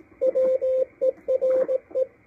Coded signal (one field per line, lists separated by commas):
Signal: Morse code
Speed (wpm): 18 wpm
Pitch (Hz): 520 Hz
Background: radio noise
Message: WERE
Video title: W1AW cw decode - MALAHITEAM DSP-2 12-12-2022